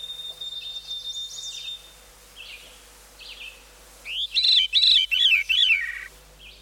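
Veery song: soft, faint phrases, then a loud fluty, wavering series of notes that spirals downward in pitch over about two seconds.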